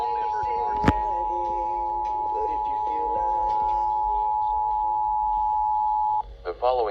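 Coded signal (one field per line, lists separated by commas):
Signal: Emergency Alert System (SAME) tones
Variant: 853 and 960 Hz attention tone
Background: speech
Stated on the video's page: Required Monthly Test received on FM broadcast stations 95.5 and 94.7; 98.2 did not relay it.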